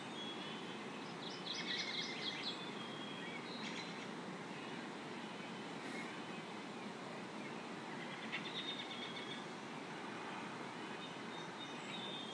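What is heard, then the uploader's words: Neighborhood sounds: a steady, dense low rumble like a passing train or traffic, with faint high chirps near two, four and eight seconds. Sunday Morning 5:00am. The sounds of our neighborhood at 5:00am.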